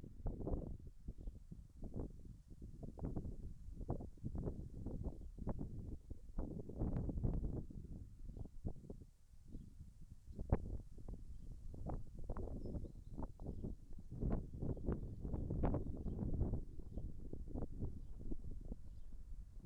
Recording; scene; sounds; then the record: everyday scene through a hearing-aid microphone; wind on the microphone; wind, birds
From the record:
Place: in front of a rural house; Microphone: behind the ear, right, rear